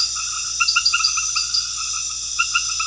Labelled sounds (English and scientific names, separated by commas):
none